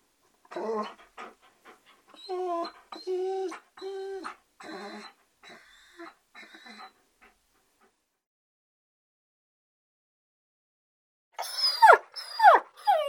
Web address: german shepherd call